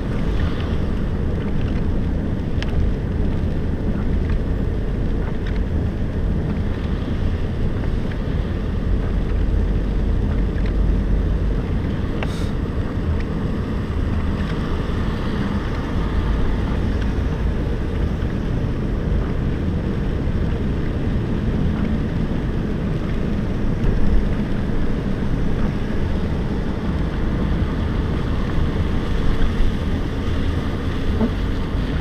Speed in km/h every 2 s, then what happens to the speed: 34, 32, 32, 30, 29, 31, 32, 32, 38, 44, 45, 48, 46, 41, 36, 31.
0-14 steady at about 32. 14-23 speeds up to 48. 23-32 slows to 31.